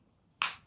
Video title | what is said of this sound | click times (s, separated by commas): Vauxhall Combo / Corsa B Key Repair | like so you heard that click | 0.4 s